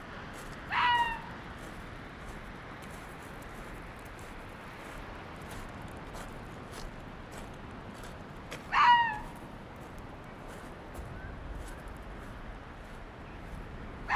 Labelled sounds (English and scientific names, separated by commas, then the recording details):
Arctic Fox (Vulpes lagopus) call
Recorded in the wild
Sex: female
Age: adult
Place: Insel Mednyi, Kommandeur-Inseln, RU
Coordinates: 54.5167, 168.083
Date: 1999-08-23
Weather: heiter, fast windstill
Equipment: Sony TCD-D8, Sennheiser MKH 70, Windkorb
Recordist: Frommolt, Karl-Heinz